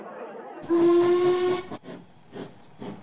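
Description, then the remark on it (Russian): A steam locomotive whistle sounds one steady, piercing tone for about a second amid a loud rush of hissing steam, followed by several shorter bursts of hiss that fade in and out, as a train pulls away from Allahabad toward Benares. “5 минут спустя поезд стал удаляться от Аллахабада по направлению к Бенарес, расположенного на расстоянии 80 миль.”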